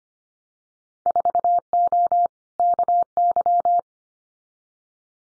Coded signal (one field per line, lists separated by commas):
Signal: Morse code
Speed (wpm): 25 wpm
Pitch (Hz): 700 Hz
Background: none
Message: 4O KY